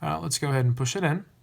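A SIM card is being pushed with the provided SIM tool into the spring-loaded SIM slot of a Hammerhead Karoo bike computer, where it locks with a little click that shows it is securely in place. Someone talks throughout the clip. The card has not seated or clicked yet when the clip ends.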